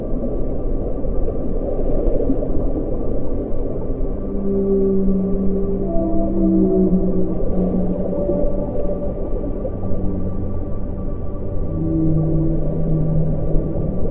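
Whale song: a series of drawn-out low moans and wavering tones, several overlapping and shifting in pitch, over steady rushing underwater noise.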